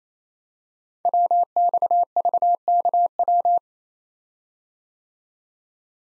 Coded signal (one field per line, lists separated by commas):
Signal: Morse code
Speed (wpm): 29 wpm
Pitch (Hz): 700 Hz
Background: none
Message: WXVKW